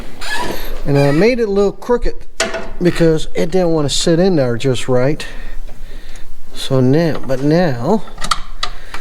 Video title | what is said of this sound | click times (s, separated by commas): 1st Gen Dodge NV5600 Swap Part 2 | it should Look at that. Pops right in. | 8.6 s